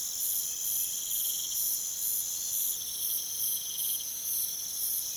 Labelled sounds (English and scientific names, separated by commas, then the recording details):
none
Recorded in pastures near Puerto Asís, Putumayo, Colombia, on 23 June 2025 at 04:00
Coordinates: 0.486, -76.323
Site H29